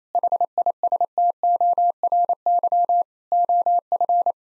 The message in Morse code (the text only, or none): HISTORY OF